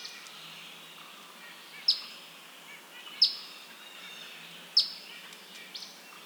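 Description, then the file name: Eastern phoebe uttering three short, sharp, descending chips roughly a second and a half apart, with faint background hiss. "Eastern Phoebe - Sayornis phoebe"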